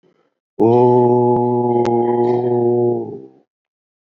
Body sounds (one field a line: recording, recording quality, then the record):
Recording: sustained vowel as in boot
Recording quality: excellent, no background noise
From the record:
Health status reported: exposed to COVID-19, no respiratory illness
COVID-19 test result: negative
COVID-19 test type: RT-PCR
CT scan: taken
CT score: 5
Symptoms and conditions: cough, cold, sore throat, fatigue, loss of smell and taste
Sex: male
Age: 65 years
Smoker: yes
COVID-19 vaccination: both doses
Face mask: worn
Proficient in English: no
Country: India